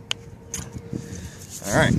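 A plastic drip emitter barb is pushed into a hole in 1/2 inch poly tubing and seats with a sharp pop at 0.1 s. A softer knock follows at about 0.5 s. Someone then talks over faint outdoor background noise.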